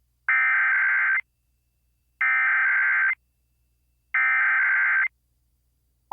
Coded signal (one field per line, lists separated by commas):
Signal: Emergency Alert System (SAME) tones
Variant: header bursts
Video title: A Short Testing Thursday (EAS #23274-23283) 11/7/24